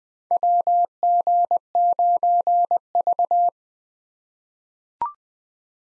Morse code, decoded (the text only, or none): WG9V